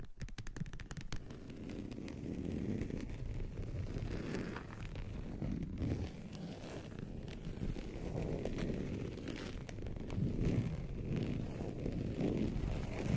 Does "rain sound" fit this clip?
no